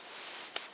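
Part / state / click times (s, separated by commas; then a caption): aluminum back cover released from a smartphone body / released / 0.6 s. The aluminum back panel of a smartphone is released to reach the battery, giving a single short, sharp pop at 0.6 s as the panel comes free. Before it there is only a steady soft hiss, and a second brief burst follows at the very end of the clip. The back cover comes off.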